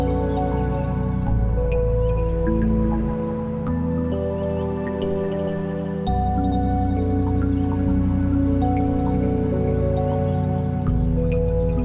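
A calm melodic piece with sustained, ringing tones over a deep bass that shifts to new notes every few seconds, dropping out briefly around the middle. Soft plucked notes sparkle above, and a bright shimmer enters near the end at an even volume.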